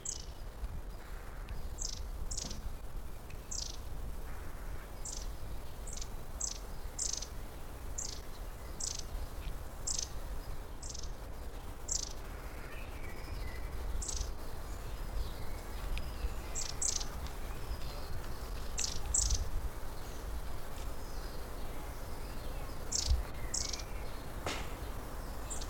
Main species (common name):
Long-tailed Tit